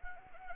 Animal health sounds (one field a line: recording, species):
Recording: mosquito wingbeat signal from an infrared sensor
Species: Anopheles arabiensis